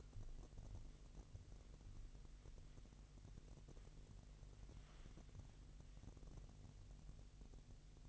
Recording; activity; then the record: daily activity, microphone in the room; wipe stove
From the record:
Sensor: 4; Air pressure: 1001.8 hPa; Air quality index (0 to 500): 248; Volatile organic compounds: 41 ppm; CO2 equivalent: 3165 ppm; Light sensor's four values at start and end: 8/18/7/6 and 8/18/7/6